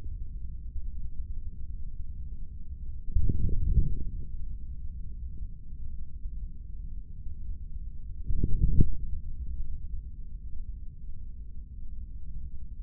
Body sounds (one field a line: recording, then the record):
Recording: forearm muscle sounds (acoustic myography)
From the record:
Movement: forearm pronation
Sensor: system 3, bracelet of six PUI Audio POM-2738L microphones around the upper forearm, with dedicated amplification and filtering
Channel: 1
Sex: male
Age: 25 years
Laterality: right